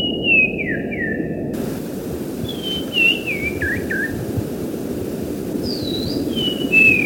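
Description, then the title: Oriental magpie-robin giving clear whistled notes that slide downward, delivered in short runs over a strong, steady rushing background noise. Masteran song, used to train other songbirds. "kacer masteran"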